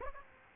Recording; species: mosquito wingbeat signal from an infrared sensor; Aedes aegypti